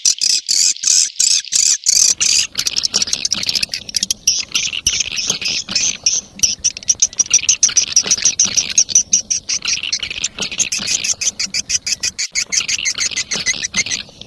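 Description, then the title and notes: Swiftlet chirping calls, fast pulsed high twitters repeating several times a second, forming a steady shrill chorus. Sound used in swiftlet farming in Asia. "Swiflet Bird Sound. Farming Swiflet Bird asia sound"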